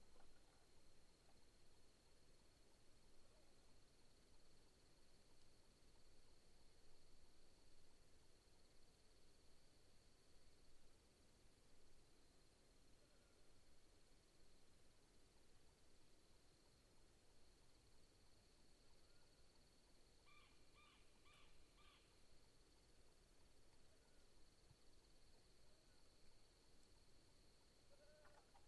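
A deeply quiet night in the outback, with a soft, even hush and one unbroken high insect whine running throughout. Around twenty seconds in, a bird gives a quick run of four or five bright, evenly spaced calls.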